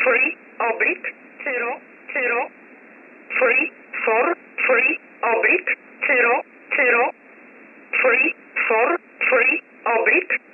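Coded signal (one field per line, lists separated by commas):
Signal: numbers station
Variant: E11 Oblique, English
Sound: a voice reading short words at a steady even pace over narrowband radio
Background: radio static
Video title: 14 07 2021 Number station E11 Oblique in English to Eu 0745 on 15720 unknown tx site in USB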